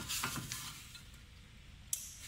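While the front brake caliper of a Volkswagen is being reinstalled, the plastic connector of the brake pad wear sensor wire is pushed into its mating plug on the car. Soft handling and rustling noises lead into a single sharp, short click at 1.9 s as the connector clicks in and seats.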